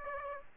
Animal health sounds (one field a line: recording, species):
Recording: mosquito wingbeat signal from an infrared sensor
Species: Aedes aegypti